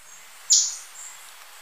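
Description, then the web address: Flavescent flycatcher call: one sharp, high, downslurred note, brief and clean, over a soft hiss. Recorded in Ecuador. "Birds of Ecuador Flavescent Flycatcher"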